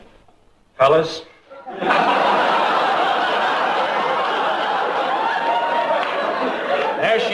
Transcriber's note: laughter